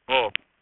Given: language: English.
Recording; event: throat vibration sensor signal played as sound; speech